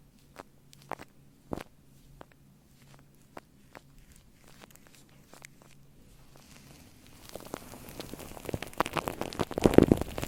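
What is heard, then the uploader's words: Shaving cream on a mic gives sparse sharp pops and a low hum at first, swelling after seven seconds into dense fizzy crackling. Shaving Cream on Mic. Brainmassage mit Schaum.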